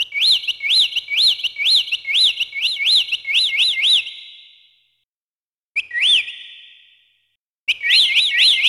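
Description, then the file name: Bird giving clean, repeated upslurred chirps in quick runs of several notes, with short silent gaps between bursts. "bird tweet"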